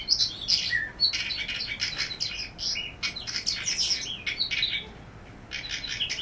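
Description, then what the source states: Northern Wheatear song: a dense run of scratchy, chattering and warbled high notes, with brief pauses, then a fresh burst near the end. Songbird breeding in rocky environments, insectivorous; Alaskan breeders winter in eastern Africa, with a one-month migration via the Persian Gulf, Central Asia and Siberia.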